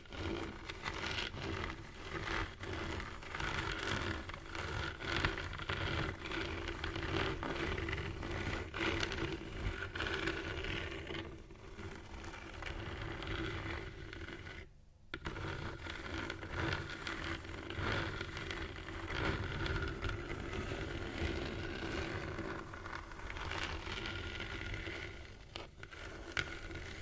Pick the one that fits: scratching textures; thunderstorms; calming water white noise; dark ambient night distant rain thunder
scratching textures